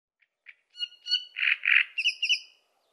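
Great Reed Warbler song, a few soft notes leading into harsh grating notes, then higher squeaky syllables repeated quickly.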